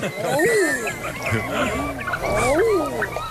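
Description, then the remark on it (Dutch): Common eider drakes cooing while repeatedly jerking their heads backward, with repeated soft, rising-then-falling 'ah-ooo' calls overlapping one another, against a steady chorus of other bird chatter. “De hele tijd knikken ze hun kop naar achter. En dan laten ze dit geluid horen, een soort auuu.”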